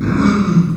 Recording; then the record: squeal of a Yucatan mini pig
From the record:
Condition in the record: after surgery on the right vocal fold (resection and tissue-engineered implant); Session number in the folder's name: 11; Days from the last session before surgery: 98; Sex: female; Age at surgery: 19 weeks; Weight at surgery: 25 kg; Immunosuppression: prednisolone